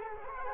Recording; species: mosquito wingbeat signal from an infrared sensor; Culex quinquefasciatus